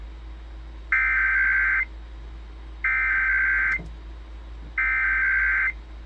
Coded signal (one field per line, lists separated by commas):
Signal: Emergency Alert System (SAME) tones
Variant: header bursts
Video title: Thanks a lot KLOVE....AGAIN!!!! Required Weekly Test on KLOVE || 7/19/22 (EAS # 1204)